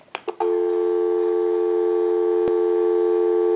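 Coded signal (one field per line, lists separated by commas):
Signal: telephone call progress tone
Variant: North America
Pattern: dial tone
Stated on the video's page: Tone on an Automatic Electric Monophone rotary dial desk telephone during initial checkout and repair.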